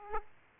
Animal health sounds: mosquito wingbeat signal from an infrared sensor; Aedes aegypti

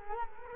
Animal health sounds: mosquito wingbeat signal from an infrared sensor; Culex quinquefasciatus

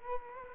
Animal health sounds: mosquito wingbeat signal from an infrared sensor; Culex quinquefasciatus

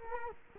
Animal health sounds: mosquito wingbeat signal from an infrared sensor; Culex quinquefasciatus

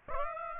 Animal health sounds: mosquito wingbeat signal from an infrared sensor; Aedes aegypti

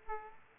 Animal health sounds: mosquito wingbeat signal from an infrared sensor; Aedes aegypti

